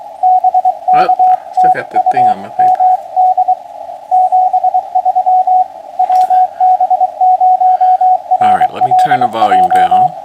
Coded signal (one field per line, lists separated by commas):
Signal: Morse code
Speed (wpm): 24 wpm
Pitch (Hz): 740 Hz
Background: speech, radio noise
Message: BK TU MD 73 WB0RLJ